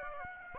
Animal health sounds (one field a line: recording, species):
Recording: mosquito wingbeat signal from an infrared sensor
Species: Aedes aegypti